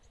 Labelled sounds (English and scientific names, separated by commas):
Lucy's Warbler (Leiothlypis luciae) flight call